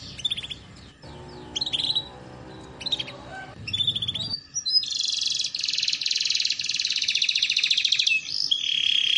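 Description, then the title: Belgian canary song: sharp chirps and short buzzy notes over a low rumbling background, then a long, fast, rolling trill. Belgian canary; song used to warm up and train canaries, a tutor recording for young canaries learning song. "Canto Para Esquentar Canário Belga. Terapi Pancingan Suara Kenari Gacor || Masteran Kenari Paud Belajar Bunyi"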